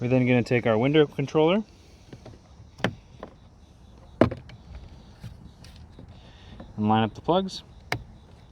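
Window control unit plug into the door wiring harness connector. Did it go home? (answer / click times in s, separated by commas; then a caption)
yes / 7.9 s. A window control unit plug is lined up and pushed into the door wiring harness connector on the rear door of a 2013–2016 Ford Escape while someone talks. A few quiet taps and clicks are heard as it is handled. The plug snaps home with a sharp click at 7.9 s and is seated.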